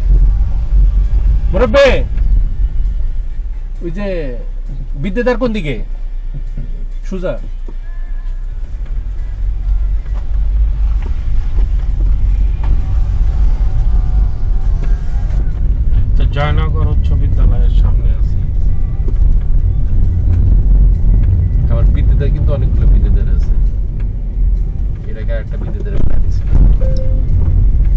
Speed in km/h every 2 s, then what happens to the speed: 11, 0, 0, 0, 6, 11, 14, 16, 18, 17, 21, 25, 19, 17.
0-2 brakes to 0. 2-6 standing. 6-22 pulls away to 25. 22-25 slows to 17.